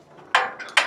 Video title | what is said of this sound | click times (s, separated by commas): The Cherry Bomb! This TMG 500 is Clean! | This folds up, locks into place. | 0.4 s, 0.8 s